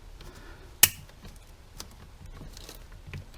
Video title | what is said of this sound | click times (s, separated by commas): BMW E46 330i CCV Refresh M54 NO intake manifold removal! Part 2 | and then that's it snapped into place | 0.8 s